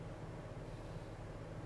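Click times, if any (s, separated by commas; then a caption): none. A small red and blue wire connector is turned so its red wire faces outward and lined up with its port on the flight board of a FrSky Apus MQ60 before being pushed in. Only a steady low hum with broadband noise is heard, with no distinct handling sounds. Nothing has seated or clicked yet.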